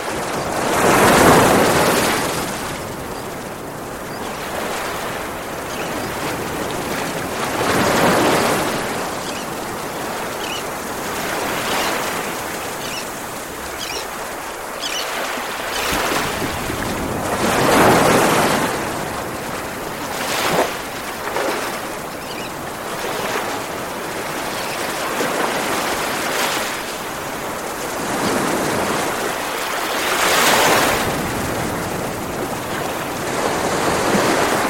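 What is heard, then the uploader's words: Gentle sea waves wash in and out, each swell rising into a soft hiss and fading again. Surges come every few seconds, strongest near 1, 8, 18 and 30 seconds, over a steady bed of frothy rushing water. The Gentle Sounds of the Sea.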